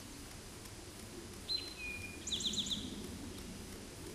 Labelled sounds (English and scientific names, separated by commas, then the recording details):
Eastern Towhee (Pipilo erythrophthalmus) song
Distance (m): 20 m
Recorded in a Pennsylvania forest on 17 May 2023 at 13:24
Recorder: AudioMoth, point grid1_32_low
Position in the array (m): 112 m, 105 m